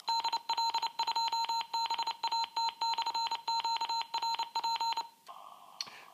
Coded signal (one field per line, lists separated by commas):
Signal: Morse code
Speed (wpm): 29 wpm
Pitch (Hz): 920 Hz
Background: none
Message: DL2BAT/QRP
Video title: CW with CODAN 2110 radio